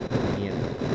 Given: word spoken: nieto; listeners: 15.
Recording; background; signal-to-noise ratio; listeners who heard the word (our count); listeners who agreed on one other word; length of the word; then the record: one Spanish word in noise, from a listening test; noise modulated by three-talker babble; -5.3 dB; 0 of 15; 14 of 15; 0.55 s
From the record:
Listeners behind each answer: 14, 1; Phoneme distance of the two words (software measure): 20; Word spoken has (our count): 2 syllables, 5 phonemes, stress on syllable 1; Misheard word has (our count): 2 syllables, 5 phonemes, stress on syllable 1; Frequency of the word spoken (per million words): 17.19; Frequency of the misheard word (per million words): 118.30